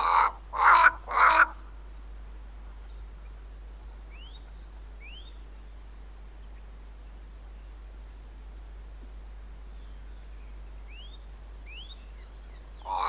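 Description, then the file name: Cape crow opens with three rapid, harsh caws, then a long quiet stretch with faint thin rising chirps, and another caw begins at the very end. "Black Crow (Corvus capensis)"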